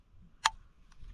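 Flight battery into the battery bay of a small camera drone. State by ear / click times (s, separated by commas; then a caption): seated / 0.5 s. A flight battery is slid with a gentle push into the battery bay of a small camera drone, a DJI Neo. A single loud, sharp click at 0.5 s marks it seating in place, followed by a faint tick near 0.9 s against quiet background noise.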